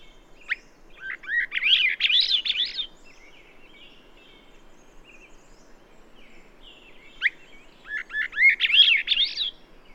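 Bird song: two phrases of quick, warbled notes that sweep up and down, each opened by a sharp rising note, separated by a pause of several seconds.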